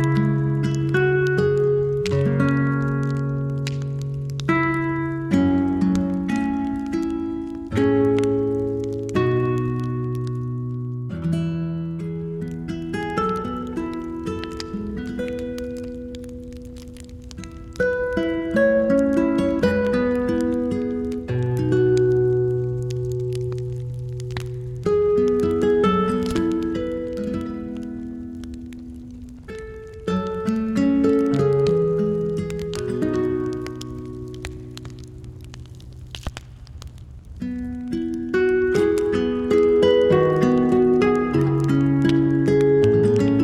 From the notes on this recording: the gentle crackling of the campfire and soothing music